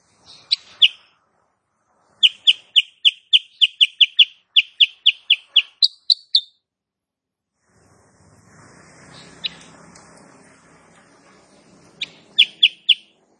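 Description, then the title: Sooty-headed bulbul chirping in a long, fast series of sharp, evenly repeated notes, followed by a few seconds of hiss and a final short burst of chips. Female; recording used as master song for training cage birds; described as gacor (singing persistently) and nembak rapat (rapid, closely packed notes). "Masteran Kutilang Sutra. Kutilang SUTRA BETINA GACOR nembak RAPAT"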